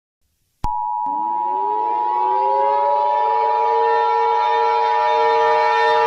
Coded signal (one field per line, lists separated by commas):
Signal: Emergency Alert System (SAME) tones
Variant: 853 and 960 Hz attention tone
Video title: EAS Scenario 9: Night of the Living Pharmacist